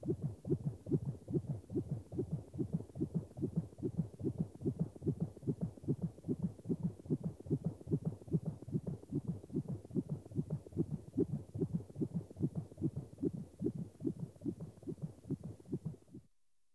The BBC Sound Effects Library. (Hospitals). Fetal heartbeat.